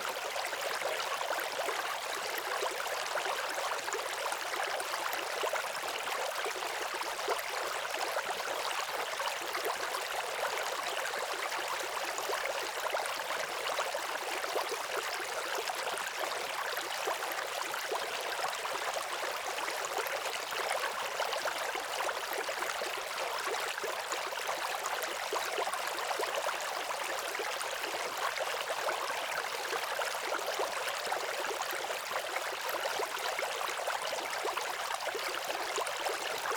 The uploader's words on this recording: Down By the Creek. Water and nature sounds.